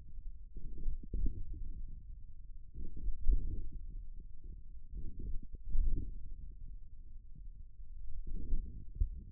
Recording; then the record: forearm muscle sounds (acoustic myography)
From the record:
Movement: wrist flexion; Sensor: system 1, eight BSWA MPA416 microphones around the upper forearm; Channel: 8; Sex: male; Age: 41 years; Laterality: right